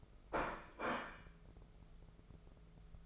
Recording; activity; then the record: daily activity, microphone in the room; place plate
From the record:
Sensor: 5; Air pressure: 1015.1 hPa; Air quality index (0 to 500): 205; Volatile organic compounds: 10 ppm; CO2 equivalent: 2249 ppm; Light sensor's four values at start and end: 76/181/77/83 and 65/155/64/69